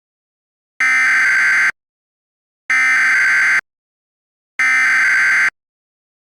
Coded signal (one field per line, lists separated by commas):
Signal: Emergency Alert System (SAME) tones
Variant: header bursts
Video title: EAS Scenario 4: Sunny's Love Virus